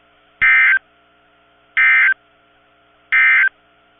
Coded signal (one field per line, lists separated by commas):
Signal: Emergency Alert System (SAME) tones